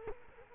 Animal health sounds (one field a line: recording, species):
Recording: mosquito wingbeat signal from an infrared sensor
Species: Culex quinquefasciatus